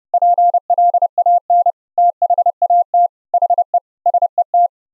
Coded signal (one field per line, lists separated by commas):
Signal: Morse code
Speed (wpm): 31 wpm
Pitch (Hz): 700 Hz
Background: none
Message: PLAN THAT HE SET